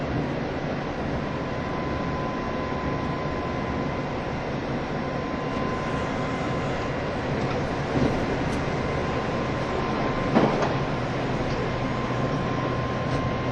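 A JR East E351 series tilting train running on a Super Azusa express service, heard as a steady, dense rumble with a thin high whine riding above it. Brief sharper clacks stand out around eight and ten seconds, and the level otherwise stays even throughout.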